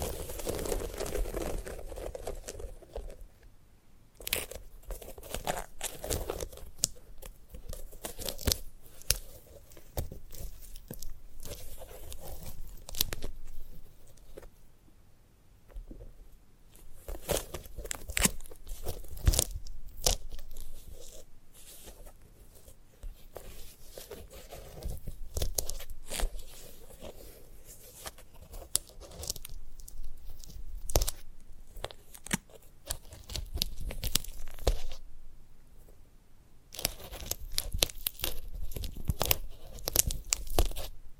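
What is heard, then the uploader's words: A dried sunflower head being handled and picked at, giving dense bursts of crisp crackling, tearing and crunching. Sharp clicks and snaps come every second or so, with a brief quieter pause around 15 seconds and again near 35 seconds. ASMR of a Sunflower Head (No Talking).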